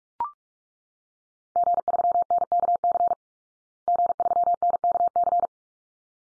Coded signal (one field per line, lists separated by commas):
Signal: Morse code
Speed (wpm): 44 wpm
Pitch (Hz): 700 Hz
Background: none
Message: G3NKC G3NKC